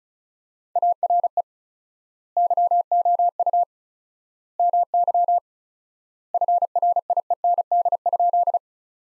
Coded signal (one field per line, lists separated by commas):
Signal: Morse code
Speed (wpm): 34 wpm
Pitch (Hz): 700 Hz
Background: none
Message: ARE YOU MY FRIEND?